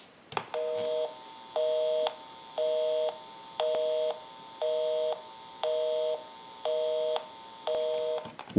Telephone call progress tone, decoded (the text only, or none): busy tone